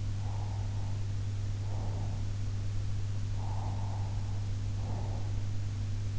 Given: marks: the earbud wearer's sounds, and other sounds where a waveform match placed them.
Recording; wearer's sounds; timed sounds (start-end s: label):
sounds in sleep by an in-ear microphone; breath
0.19-2.19 s: breath
3.40-5.25 s: breath